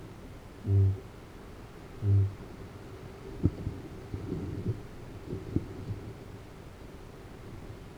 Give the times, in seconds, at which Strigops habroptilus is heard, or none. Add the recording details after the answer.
0.00-2.43. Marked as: faintness 2/5. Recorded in New Zealand. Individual Arab